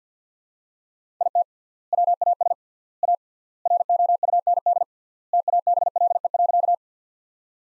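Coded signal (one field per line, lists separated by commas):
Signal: Morse code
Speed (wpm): 50 wpm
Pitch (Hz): 700 Hz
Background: none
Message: IT WAS A ROUND TABLE.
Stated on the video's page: Morse practice sentences from the top 400 words at 50 wpm, with 3x standard word spacing, an approach analogous to Farnsworth using words instead of characters.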